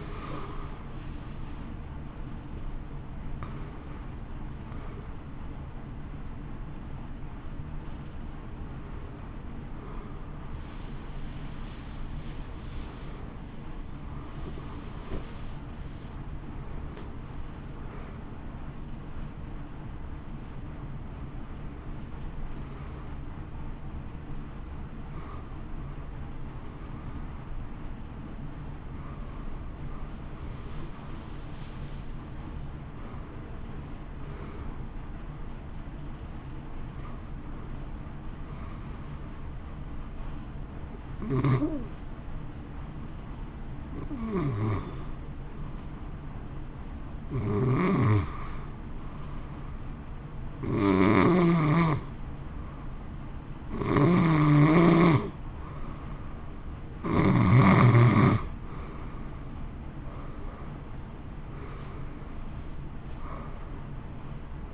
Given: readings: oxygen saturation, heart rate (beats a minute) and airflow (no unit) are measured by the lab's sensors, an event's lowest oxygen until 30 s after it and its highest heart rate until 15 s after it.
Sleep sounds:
breathing in sleep by a smartphone at the bedside; 1
0.00-10.00 s: awake
9.00-64.73 s: new sleep stage, N1 (lightest sleep)
24.00-57.40 s: hypopnea (N1, oxygen 95% highest, then 86% lowest)
From the record:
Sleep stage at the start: awake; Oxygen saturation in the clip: 86 to 95%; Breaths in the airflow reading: 17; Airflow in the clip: -2.4 to 3.6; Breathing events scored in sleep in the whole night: 328 in 6.3 hours asleep

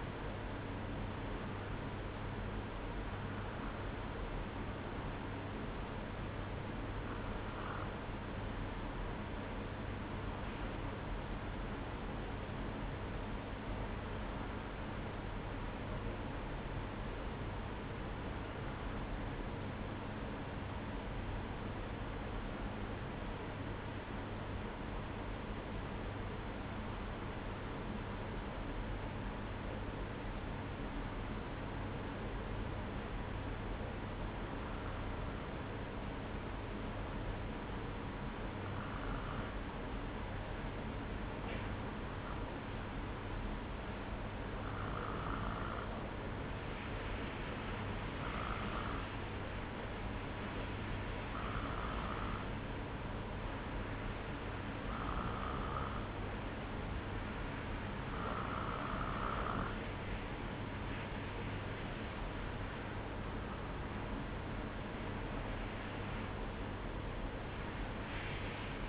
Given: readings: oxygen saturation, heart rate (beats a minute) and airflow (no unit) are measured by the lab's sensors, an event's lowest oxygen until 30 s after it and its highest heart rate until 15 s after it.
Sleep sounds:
breathing in sleep by a voice recorder at the bedside; 1
17.00-61.00 s: hypopnea (N2, oxygen 94% highest, then 92% lowest, heart rate 58 at the start, 64 highest)
56.00-68.88 s: new sleep stage, N1 (lightest sleep)
From the record:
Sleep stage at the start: N2 (light sleep); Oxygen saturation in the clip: 91 to 94%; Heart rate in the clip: 57 to 63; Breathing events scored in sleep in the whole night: 305 in 9.6 hours asleep

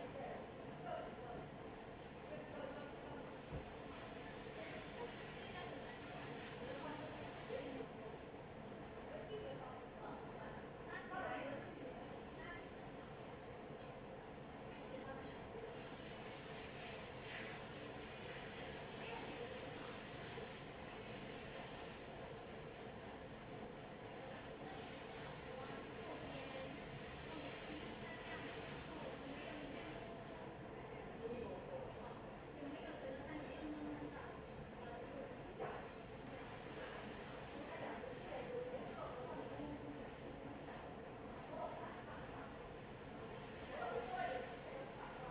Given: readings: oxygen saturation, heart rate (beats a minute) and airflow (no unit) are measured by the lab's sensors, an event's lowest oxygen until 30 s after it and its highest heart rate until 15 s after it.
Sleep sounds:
a person awake in a sleep study, by a smartphone at the bedside; none
0.00-45.31 s: awake
0.00-45.31 s: awake
From the record:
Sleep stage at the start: awake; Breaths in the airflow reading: 14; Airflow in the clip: -0.7 to 0.7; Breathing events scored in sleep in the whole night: 263 in 5.5 hours asleep

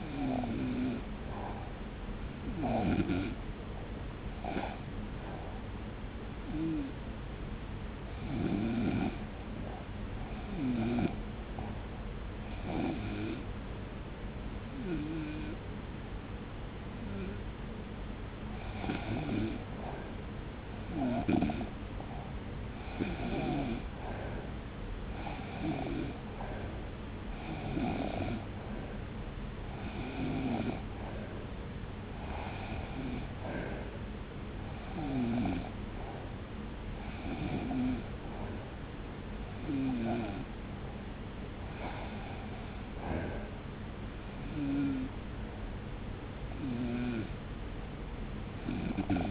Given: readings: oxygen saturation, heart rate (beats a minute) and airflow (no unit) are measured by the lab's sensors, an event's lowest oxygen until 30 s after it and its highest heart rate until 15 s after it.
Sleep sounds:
breathing in sleep by a voice recorder at the bedside; 1
10.00-24.60 s: hypopnea (REM, oxygen 93% highest, then 88% lowest)
From the record:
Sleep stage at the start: REM sleep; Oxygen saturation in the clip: 88 to 93%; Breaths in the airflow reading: 15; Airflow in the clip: -0.8 to 1.2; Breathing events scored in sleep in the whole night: 335 in 6.7 hours asleep

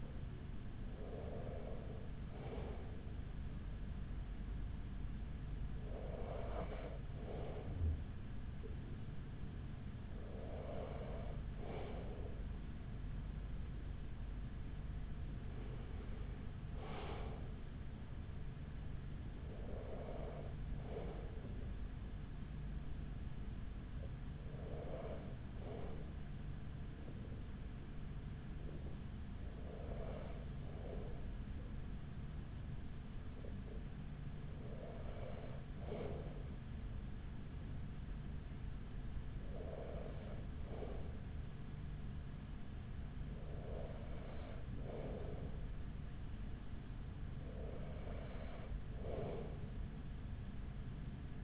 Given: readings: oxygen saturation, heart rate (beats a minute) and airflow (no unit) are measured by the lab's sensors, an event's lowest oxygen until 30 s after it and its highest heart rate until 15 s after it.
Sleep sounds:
breathing in sleep by a smartphone at the bedside; none
10.00-40.00 s: new sleep stage, N1 (lightest sleep)
40.00-51.43 s: new sleep stage, N2 (light sleep)
From the record:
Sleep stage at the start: N2 (light sleep); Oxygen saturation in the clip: 94 to 95%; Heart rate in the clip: 40 to 45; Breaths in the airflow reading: 11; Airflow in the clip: -6.9 to 6.1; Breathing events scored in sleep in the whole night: 207 in 7.6 hours asleep

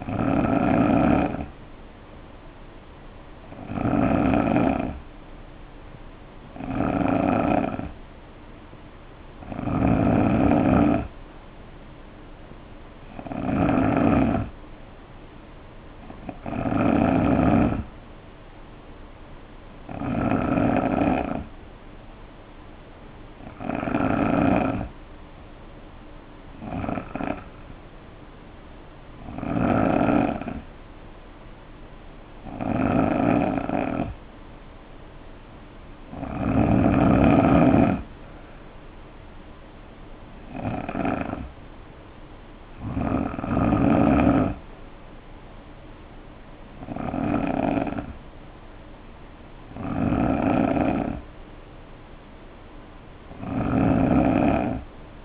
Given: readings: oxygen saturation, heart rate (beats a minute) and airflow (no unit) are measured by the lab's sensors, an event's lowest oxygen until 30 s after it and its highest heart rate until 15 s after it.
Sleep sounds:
breathing in sleep by a voice recorder at the bedside; 1
24.00-54.00 s: new sleep stage, N2 (light sleep)
28.00-46.00 s: hypopnea (N2, oxygen 91% highest, then 88% lowest, heart rate 58 at the start, 64 highest)
54.00-55.25 s: new sleep stage, N3 (deep sleep)
From the record:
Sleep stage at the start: N3 (deep sleep); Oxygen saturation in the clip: 88 to 91%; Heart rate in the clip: 58 to 64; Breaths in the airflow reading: 16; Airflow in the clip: -6.0 to 3.9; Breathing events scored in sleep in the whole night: 520 in 7.2 hours asleep

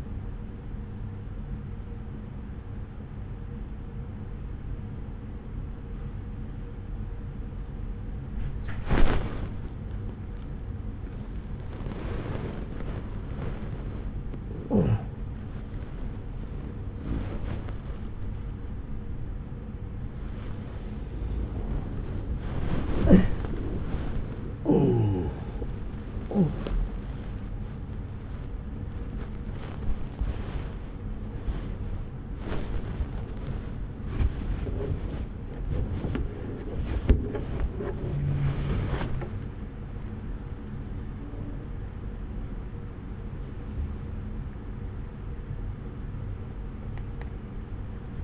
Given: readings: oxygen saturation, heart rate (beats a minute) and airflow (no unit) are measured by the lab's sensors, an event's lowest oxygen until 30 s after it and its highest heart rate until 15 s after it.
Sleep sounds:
a person awake in a sleep study, by a smartphone at the bedside; none
0.00-48.23 s: awake
From the record:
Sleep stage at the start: awake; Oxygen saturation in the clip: 94 to 97%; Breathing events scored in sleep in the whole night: 303 in 8.1 hours asleep

